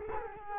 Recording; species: mosquito wingbeat signal from an infrared sensor; Culex quinquefasciatus